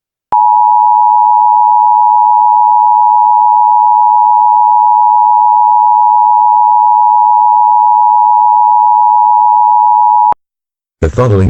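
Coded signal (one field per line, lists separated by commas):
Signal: Emergency Alert System (SAME) tones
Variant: 853 and 960 Hz attention tone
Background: speech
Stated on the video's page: Fictional EAS scenario that may contain valid EAS tones.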